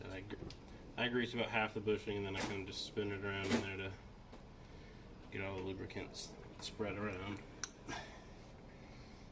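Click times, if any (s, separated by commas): 7.6 s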